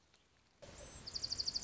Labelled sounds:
Dark-eyed Junco (Junco hyemalis)
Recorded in Sonoma County, California

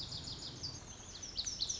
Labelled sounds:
Lazuli Bunting (Passerina amoena)
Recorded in Sonoma County, California

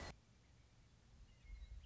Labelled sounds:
Western Meadowlark (Sturnella neglecta)
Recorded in Sonoma County, California

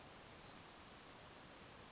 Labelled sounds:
Western Flycatcher (Empidonax difficilis)
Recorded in Sonoma County, California

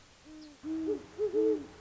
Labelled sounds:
Great Horned Owl (Bubo virginianus)
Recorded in Sonoma County, California

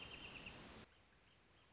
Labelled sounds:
Wrentit (Chamaea fasciata)
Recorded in Sonoma County, California

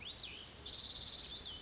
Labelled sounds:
Cassin's Vireo (Vireo cassinii)
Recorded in Sonoma County, California

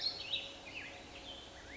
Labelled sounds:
Black-headed Grosbeak (Pheucticus melanocephalus)
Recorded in Sonoma County, California

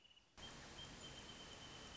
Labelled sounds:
Wrentit (Chamaea fasciata)
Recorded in Sonoma County, California

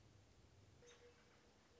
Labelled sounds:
American Robin (Turdus migratorius)
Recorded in Sonoma County, California

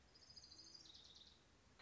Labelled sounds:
Orange-crowned Warbler (Leiothlypis celata)
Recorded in Sonoma County, California

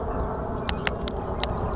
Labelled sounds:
Savannah Sparrow (Passerculus sandwichensis)
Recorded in Sonoma County, California

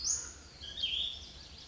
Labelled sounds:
Cassin's Vireo (Vireo cassinii)
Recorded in Sonoma County, California

